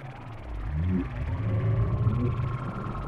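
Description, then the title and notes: Whale moans: deep low groaning tones with a brief upward sweep, held over a steady underwater rumble. Whale sounds presented without music, intended for sleep. "WHALE SOUNDS, WHITE NOISES. WHALE SOUNDS WITHOUT MUSIC"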